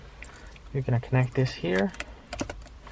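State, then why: Seated. Someone talks as the plastic connector of the airbag module for a 2013-2020 Ford Fusion is pushed into its harness plug socket. A sharp click is heard at 2.3 s, followed by a few small clicks and handling sounds. The connector is seated, with its red locking piece still to be pushed in.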